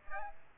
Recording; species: mosquito wingbeat signal from an infrared sensor; Aedes aegypti